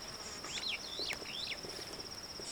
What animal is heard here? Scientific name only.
Lamprotornis superbus